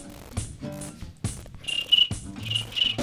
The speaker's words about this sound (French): Grillon. Grillon.